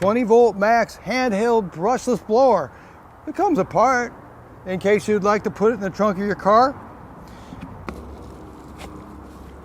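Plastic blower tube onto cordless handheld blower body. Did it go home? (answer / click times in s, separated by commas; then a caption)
no / none. Someone talks about a DeWalt 20V Max brushless handheld blower (DCBL722) while handling its detachable plastic blower tube, which is being fitted back onto the cordless blower body. The speech is followed by quiet handling noise and a brief sharp tap near 7.9 s, but nothing has seated or clicked into place yet.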